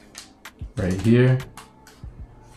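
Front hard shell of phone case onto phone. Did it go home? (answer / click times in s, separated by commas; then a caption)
no / none. The front hard shell of a Juinai 3-piece heavy-duty armor shockproof case is pressed onto a Moto G Power 2021 phone, making a few faint, brief taps and handling sounds while someone talks. Nothing has clicked or seated yet: the shell fails to click on.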